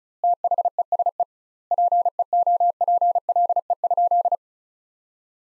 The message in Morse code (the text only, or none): THESE PEOPLE?